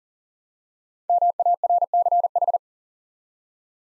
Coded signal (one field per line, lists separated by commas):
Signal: Morse code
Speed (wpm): 40 wpm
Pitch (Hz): 700 Hz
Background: none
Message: MARCH